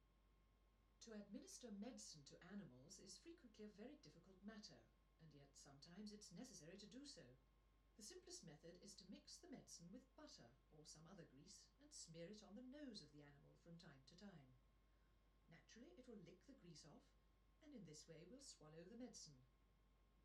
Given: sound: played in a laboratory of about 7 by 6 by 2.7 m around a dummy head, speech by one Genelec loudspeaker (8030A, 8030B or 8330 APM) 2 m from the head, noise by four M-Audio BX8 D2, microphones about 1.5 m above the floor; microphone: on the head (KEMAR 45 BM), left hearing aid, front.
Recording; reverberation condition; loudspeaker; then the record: female speech in English; low; 30 degrees to the right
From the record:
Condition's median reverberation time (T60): about 310 ms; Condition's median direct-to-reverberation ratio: about 3.5 dB